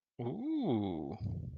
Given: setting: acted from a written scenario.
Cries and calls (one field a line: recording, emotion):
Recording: vocal sound without words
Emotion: interest